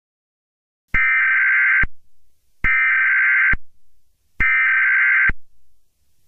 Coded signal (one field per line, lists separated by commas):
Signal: Emergency Alert System (SAME) tones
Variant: header bursts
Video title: A mini EAS scenario - Break in.